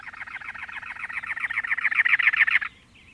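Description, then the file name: Cactus wren song: a long run of rasping, churring notes delivered rapidly and evenly, growing louder before stopping abruptly. Arizona desert, late April, hot morning, over 90 degrees by 11 a.m.; bird sings perched atop a many-lobed cactus. "Cactus Wren Nest Orientation"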